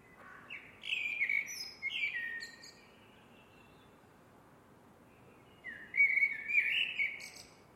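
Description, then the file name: Eurasian blackbird song: two fluty, downward-sliding phrases with scratchy high flourishes, a pause of about three seconds, then another loud warbled phrase with a twittering finish. "MERLES"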